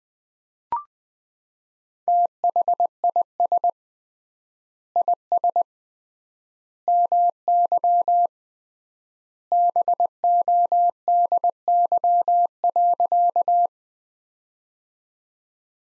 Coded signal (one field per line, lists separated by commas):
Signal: Morse code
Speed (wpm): 20 wpm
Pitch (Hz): 700 Hz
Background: none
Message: THIS IS MY BODY.